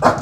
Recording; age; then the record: pig call; growing-finishing pig (85 days or more)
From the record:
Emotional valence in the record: positive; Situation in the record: run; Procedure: transit